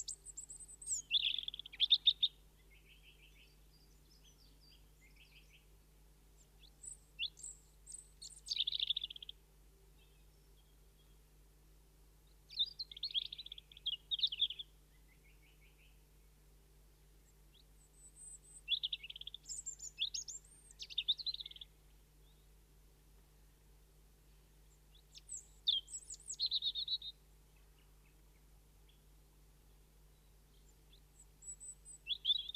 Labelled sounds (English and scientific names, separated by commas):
European Robin (Erithacus rubecula) song